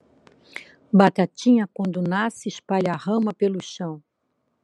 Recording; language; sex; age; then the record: short text; Brazilian Portuguese; female; 60 to 69 years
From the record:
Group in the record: control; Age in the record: 65 years